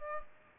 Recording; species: mosquito wingbeat signal from an infrared sensor; Culex pipiens